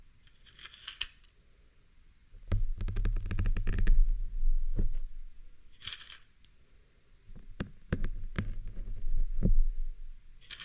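A pin is plucked and handled against a microphone, giving sharp clicks and scraping taps. Two stretches of dense rubbing and thumping, around 2.5 to 5 seconds and 8 to 10 seconds, carry a heavy low rumble, with brief hissy rustles between them.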